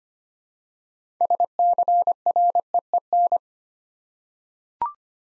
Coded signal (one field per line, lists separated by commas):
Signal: Morse code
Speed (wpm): 25 wpm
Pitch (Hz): 700 Hz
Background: none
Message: SCREEN